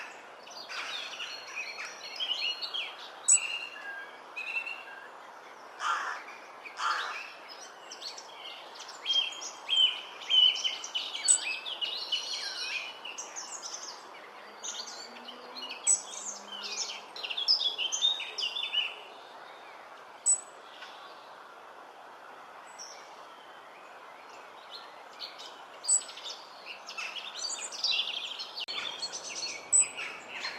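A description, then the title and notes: Robins chirp and warble through the whole stretch, with bursts of bright, high calls thick in the first half and thinning toward the end. A steady low hiss runs underneath, and a few sharp clicks break in now and then. Robin Birds Chirping.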